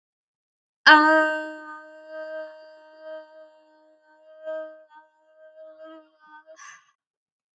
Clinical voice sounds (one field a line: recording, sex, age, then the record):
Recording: vowel held as long as possible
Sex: female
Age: 20 to 29 years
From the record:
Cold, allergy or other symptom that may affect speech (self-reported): no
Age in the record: 20 years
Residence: Washington, United States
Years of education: 14